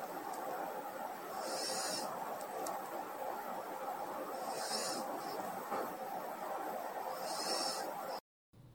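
A sleeping pet dog snores. There are three regular hissy, whistling breaths about three seconds apart, roughly 20 breaths a minute, over a steady room hum. The snoring sounds much like a person's.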